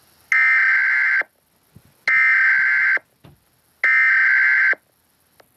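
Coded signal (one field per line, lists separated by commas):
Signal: Emergency Alert System (SAME) tones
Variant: header bursts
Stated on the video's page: Fictional EAS scenario alert covering Alaska and Yukon locations.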